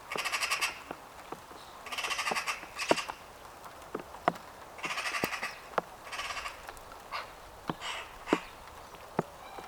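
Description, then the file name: Eurasian magpie harsh rattling chatter in short bursts, repeated several times, with sharp clicks and knocks scattered between. "Pica pica"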